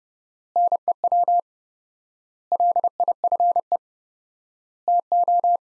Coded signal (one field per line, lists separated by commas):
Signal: Morse code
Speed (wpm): 30 wpm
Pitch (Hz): 700 Hz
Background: none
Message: NEW LIFE TO